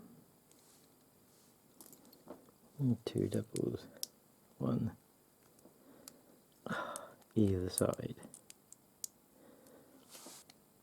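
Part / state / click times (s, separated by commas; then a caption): plastic building brick onto brick model / not seated / none. Two "doubles" are being handled to go one on either side of a plastic building-brick model, LEGO Ideas 21350 Jaws. Someone talks while small, sharp plastic clicks and taps from handling the bricks sound throughout. The part has not seated yet and nothing has snapped into place.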